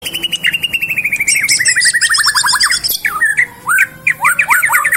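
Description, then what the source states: Bird song: a fast series of clear, slightly descending chirps for about three seconds, then repeated upslurred whistled notes, with high twittering throughout. Bird with a melodious voice, used as a ringtone.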